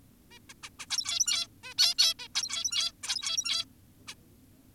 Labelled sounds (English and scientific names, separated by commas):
Zebra Finch (Taeniopygia guttata)